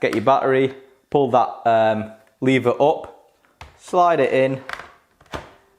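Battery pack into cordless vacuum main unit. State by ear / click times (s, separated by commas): seated / 5.3 s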